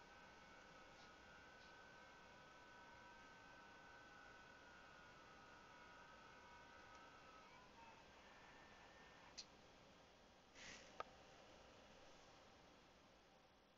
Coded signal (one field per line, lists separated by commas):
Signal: FT8